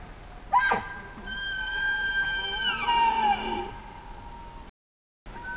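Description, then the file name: Bactrian deer giving one drawn-out bugle: a sharp onset, then long level whistled harmonics that bend downward, ending in a low grumble, with a thin constant tone throughout. Male. "Cervus elaphus bactrianus 1 male"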